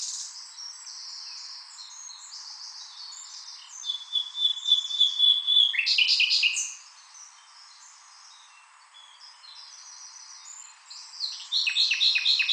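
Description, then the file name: Common nightingale song with varied phrases, a sustained whistled note, a loud burst of sharp notes, a quieter pause, then rapid repeated notes at the end. "Luscinia megarhynchos"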